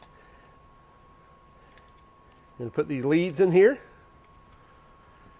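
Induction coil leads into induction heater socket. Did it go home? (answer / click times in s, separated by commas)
no / none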